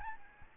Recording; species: mosquito wingbeat signal from an infrared sensor; Aedes albopictus